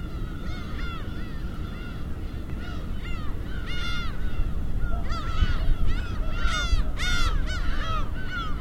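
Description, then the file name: Seagull calls, many overlapping wailing and mewing notes growing busier toward the end, over continuous crashing surf. Seagulls with waves at Hachinohe. "AMBIENCE HACHINOHE SEAGULLS WAVES"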